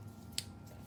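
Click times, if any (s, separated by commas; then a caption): 0.4 s. A plastic wiring harness connector is pushed into its mating harness connection on a FiTech throttle body EFI kit during installation. A single sharp, bright snap sounds at 0.4 s over a low, steady background hum. The connector seats.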